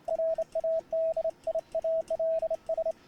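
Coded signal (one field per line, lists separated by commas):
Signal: Morse code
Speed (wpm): 27 wpm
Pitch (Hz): 650 Hz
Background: radio noise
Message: RADIALS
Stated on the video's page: Ragchew sent with a bug key on a homemade multi-band vertical antenna.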